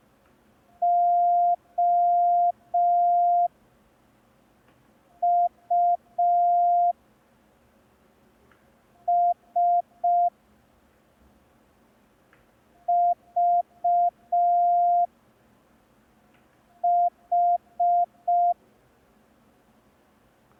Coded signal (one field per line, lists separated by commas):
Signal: Morse code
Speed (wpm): 5 wpm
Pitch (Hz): 700 Hz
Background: none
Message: O U S V H